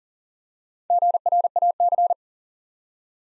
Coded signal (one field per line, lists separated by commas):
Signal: Morse code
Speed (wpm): 41 wpm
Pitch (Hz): 700 Hz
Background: none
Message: GRAC